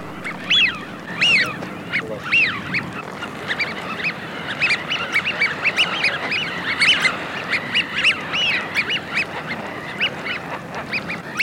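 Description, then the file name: Eurasian wigeon giving many rising and falling whistled calls, several birds overlapping. "Свиязь Fischione"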